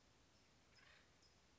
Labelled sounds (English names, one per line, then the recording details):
Acorn Woodpecker
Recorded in Sonoma County, California